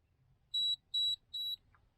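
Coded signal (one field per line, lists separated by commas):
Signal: beep code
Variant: FPV action camera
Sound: three short high-pitched beeps, evenly spaced, then a faint click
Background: quiet room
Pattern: 3 short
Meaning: Three beeps mean 2.7K resolution mode selected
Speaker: So what you do is long press the record button, 3 beeps, which denotes 2.7K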